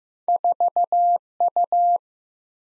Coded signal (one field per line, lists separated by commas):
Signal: Morse code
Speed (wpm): 15 wpm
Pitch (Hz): 700 Hz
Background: none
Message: 4U